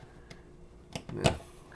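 A metal tool hook is pushed into a slotted wall-mounted organizer rail, with a few faint ticks and knocks before it pops into place with a sharp click at 1.3 s. The hook is seated in the rail.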